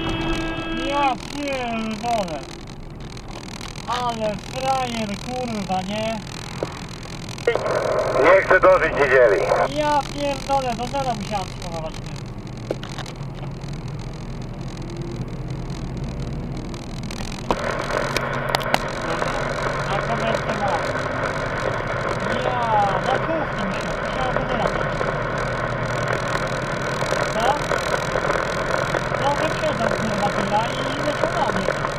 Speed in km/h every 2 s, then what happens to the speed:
25, 25, 25, 27, 28, 31, 34, 39, 40, 42, 47, 48, 50, 52, 55, 56.
0-9 steady at about 25. 9-32 speeds up to 56.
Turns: none.